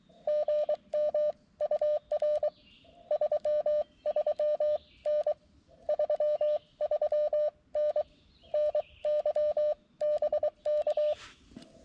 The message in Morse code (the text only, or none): GM UR 33N 33N NY BK